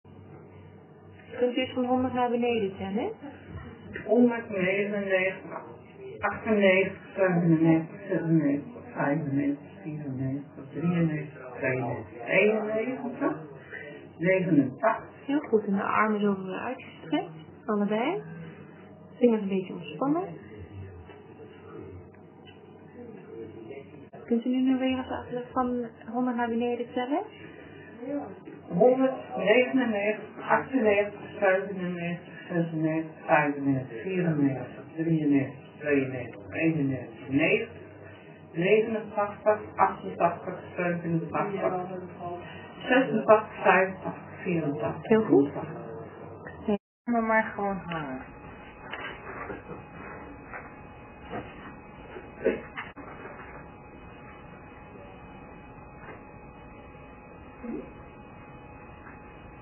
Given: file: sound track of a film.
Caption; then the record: The first part of the video shows choreatic movements of the orofacial region and upper extremities as well as dystonic posturing of the head. In the second part, the patient is asked to stretch her arm and count backwards. Here the choreatic symptoms are shown in the trunk and lower extremities. In the last part, the patient is asked to walk. Here, dystonic posturing and tremor of the head is visible as well as chorea of the upper extremities.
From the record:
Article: A Gain‐of‐Function Variant in Dopamine D2 Receptor and Progressive Chorea and Dystonia Phenotype